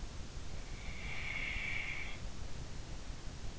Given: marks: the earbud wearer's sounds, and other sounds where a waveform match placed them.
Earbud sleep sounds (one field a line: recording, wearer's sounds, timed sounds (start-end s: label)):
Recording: sounds in sleep by an in-ear microphone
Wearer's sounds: breath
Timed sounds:
0.36-3.36 s: breath